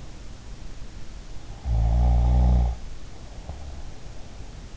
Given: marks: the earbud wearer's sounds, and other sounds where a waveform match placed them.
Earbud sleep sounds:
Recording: sounds in sleep by an in-ear microphone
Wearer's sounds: snoring breath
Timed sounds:
1.35-3.81 s: snoring breath

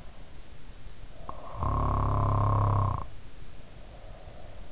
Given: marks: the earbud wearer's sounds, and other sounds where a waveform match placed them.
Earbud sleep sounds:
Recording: sounds in sleep by an in-ear microphone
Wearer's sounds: snoring breath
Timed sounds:
1.24-4.64 s: snoring breath

